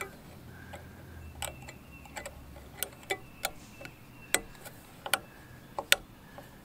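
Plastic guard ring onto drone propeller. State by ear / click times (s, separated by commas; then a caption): seated / 5.9 s. A 3D-printed PLA guard ring is bent into place and pushed back onto a drone propeller, giving a series of sharp plastic clicks and creaks. The ring snaps on and seats with the loudest click at 5.9 s.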